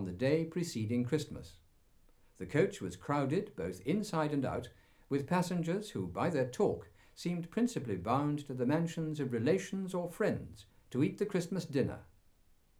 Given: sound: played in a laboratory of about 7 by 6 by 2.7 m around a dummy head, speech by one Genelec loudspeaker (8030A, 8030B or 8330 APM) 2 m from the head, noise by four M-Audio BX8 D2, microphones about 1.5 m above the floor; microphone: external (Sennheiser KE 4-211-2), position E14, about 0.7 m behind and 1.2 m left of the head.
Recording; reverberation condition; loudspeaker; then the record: male speech in English; low; 150 degrees to the left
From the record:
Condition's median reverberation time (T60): about 310 ms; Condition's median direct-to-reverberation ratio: about 3.5 dB